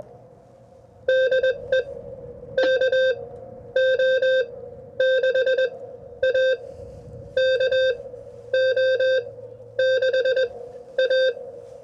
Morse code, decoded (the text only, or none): DE KO6A KO6A